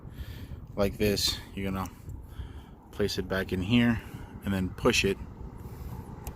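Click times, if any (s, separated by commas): 6.3 s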